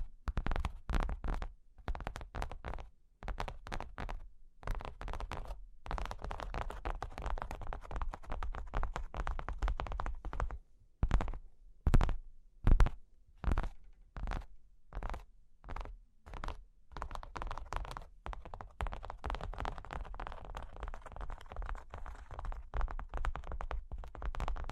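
Cork and wood are tapped and scratched in quick, irregular bursts of dry knocks and rough scraping. Around the middle, from about 11 to 15 seconds, the sound turns into separate sharp taps with short gaps. After that it returns to denser rubbing and tracing strokes.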